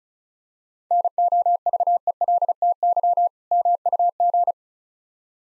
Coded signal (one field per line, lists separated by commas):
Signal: Morse code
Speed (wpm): 36 wpm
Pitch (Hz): 700 Hz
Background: none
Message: NOVELTY MUG